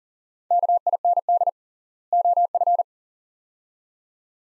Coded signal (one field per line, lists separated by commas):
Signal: Morse code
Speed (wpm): 39 wpm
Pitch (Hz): 700 Hz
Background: none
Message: KIND OF